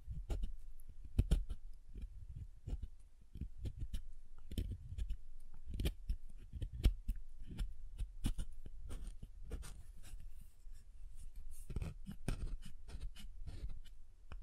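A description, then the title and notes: Soap being tapped and carved, with dense, irregular clicks and sharp taps scattered throughout. Soft scraping and crumbling sounds fill the gaps, and a low thudding body sits under each tap. ASMR SoftHard Soap Tapping and Carving (No Talking).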